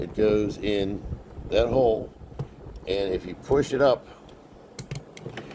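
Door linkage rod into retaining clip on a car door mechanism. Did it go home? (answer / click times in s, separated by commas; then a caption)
yes / 4.8 s. Someone talks while a car door handle linkage rod is pushed up through a hole in the door mechanism. At 4.8 s a sharp click is heard as the indent on the rod snaps into the plastic retaining clip, followed by a few fainter ticks. The rod is seated in the clip.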